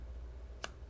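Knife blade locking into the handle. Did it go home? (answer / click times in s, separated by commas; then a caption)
yes / 0.6 s. The blade of a Microtech Halo V T/E Vespa out-the-front knife with blue anodizing locks into the handle, with a single faint, sharp tick at 0.6 s over a steady low hum. The lock engages with the click that non-Vespa models lack.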